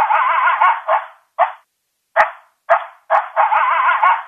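Coyote barks and yips: a long wavering yelping stretch, then several short sharp barks with brief gaps between them, ending in another sustained stretch of yelping, with faint clicks.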